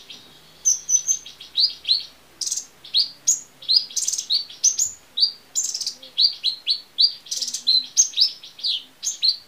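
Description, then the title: Small bird chirping in rapid high-pitched bursts, sharp twittering notes repeated in quick succession with short pauses. "Burung Kecil"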